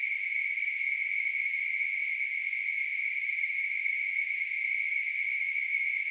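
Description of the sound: Simulated tinnitus: a steady, continuous high-pitched hissing tone centered near 2 kHz, with a fainter noisy spread up to about 8 kHz. There is no low-frequency content, and the level stays even with no breaks throughout.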